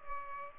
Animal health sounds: mosquito wingbeat signal from an infrared sensor; Culex pipiens

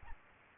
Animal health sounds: mosquito wingbeat signal from an infrared sensor; Aedes aegypti

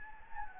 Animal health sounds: mosquito wingbeat signal from an infrared sensor; Anopheles gambiae

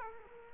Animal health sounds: mosquito wingbeat signal from an infrared sensor; Culex quinquefasciatus

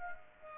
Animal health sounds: mosquito wingbeat signal from an infrared sensor; Aedes aegypti

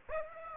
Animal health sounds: mosquito wingbeat signal from an infrared sensor; Aedes aegypti

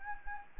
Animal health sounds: mosquito wingbeat signal from an infrared sensor; Anopheles gambiae

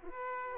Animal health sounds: mosquito wingbeat signal from an infrared sensor; Aedes aegypti

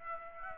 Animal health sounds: mosquito wingbeat signal from an infrared sensor; Aedes aegypti

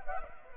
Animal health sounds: mosquito wingbeat signal from an infrared sensor; Anopheles arabiensis

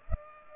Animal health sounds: mosquito wingbeat signal from an infrared sensor; Culex pipiens

